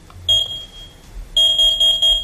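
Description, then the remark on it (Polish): A carbon monoxide detector alarm, being demonstrated, sounds in shrill, high-pitched electronic beeps: one long tone, then a quick run of three loud pulses, piercing and insistent with no voices. “To Państwu zademonstruję, jak ostry sygnał jest z takiej czułki.”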